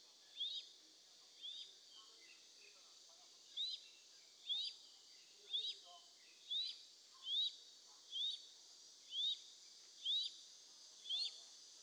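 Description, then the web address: Crested goshawk giving thin, high, slurred whistled notes, repeated about once a second with one longer pause after the second note, over faint background hiss and soft chirps. "Crested goshawk. صدای-پرنده-شهباز-کاکلدار"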